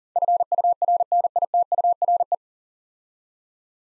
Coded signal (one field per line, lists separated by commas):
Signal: Morse code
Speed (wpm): 40 wpm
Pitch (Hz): 700 Hz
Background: none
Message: FURNITURE